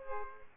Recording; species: mosquito wingbeat signal from an infrared sensor; Culex pipiens